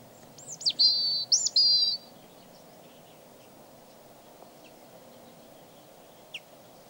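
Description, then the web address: European robin song heard as one short phrase of high, wavering whistles lasting about a second and a half, followed by near silence with a faint tick. "robin singing"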